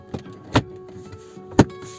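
A plastic door trim panel on a Peugeot 206 is pressed back onto the car door without forcing, so its metal retaining clips seat in the door. After a faint tap at 0.1 s, loud sharp snaps come at 0.6 s and 1.6 s as the clips snap into place and the panel is seated.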